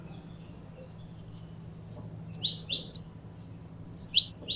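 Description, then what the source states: Belgian canary giving thin, high whistles about once a second, then clusters of sharp descending chirps; a low background hum persists. Pure Belgian canary breed.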